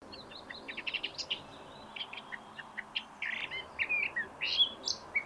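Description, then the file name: Eurasian blackcap giving a scratchy, varied warble of short high notes, soft at first, then louder and richer phrases in the second half. "Sylvia atricapilla"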